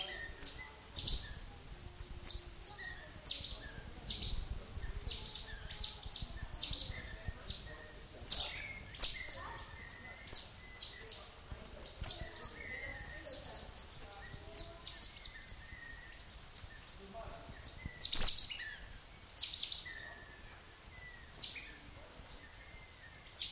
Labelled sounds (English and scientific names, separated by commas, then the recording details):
Cottontop Tamarin (Saguinus oedipus)
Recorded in captivity
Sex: group
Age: adult
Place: Zoo Köln, Nordrhein-Westfalen, DE
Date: 2000-10-01 16:00
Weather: bedeckt, z.T. Regen, 15°C
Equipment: Nagra SN, Kopie Uher 4000 Report Monitor
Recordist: Tembrock, Günter